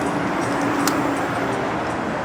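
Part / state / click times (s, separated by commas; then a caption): plastic cap or cover closing on its holder in the car's engine bay / not seated / none. A plastic cap in the engine bay of a BMW 328i convertible is closed again onto its holder, and only a faint knock is heard at 0.9 s over a steady background hum. The expected click does not come, so the cap has not clicked shut.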